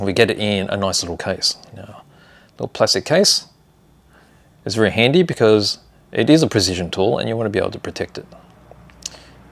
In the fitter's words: so we've got little click opening and then it's all hinged and there we go